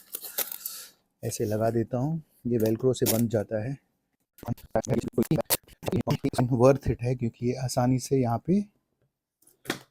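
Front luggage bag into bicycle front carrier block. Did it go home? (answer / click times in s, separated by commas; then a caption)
yes / 9.7 s. A front luggage bag is fitted onto the front carrier block of a Brompton folding bicycle and is confirmed seated because it easily locks in place. Someone talks through most of the clip, with a few small handling ticks early on. A sharp latch click at 9.7 s marks the bag locking onto the carrier.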